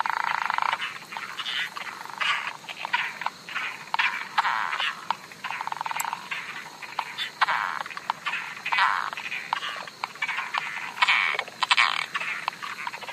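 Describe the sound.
Frog chorus of brief, harsh croaking notes, many overlapping at an uneven rhythm, steady throughout with a few stronger bursts toward the end.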